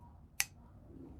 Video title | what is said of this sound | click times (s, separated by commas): How To Assemble Wire Shelving Racks | And then did you hear it snap? | 0.4 s